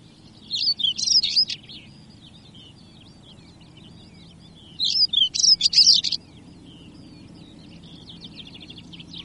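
European stonechat repeating two brisk, squeaky twittering phrases about four seconds apart, followed by soft high chatter.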